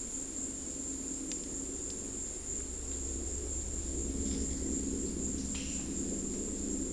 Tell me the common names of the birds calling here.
none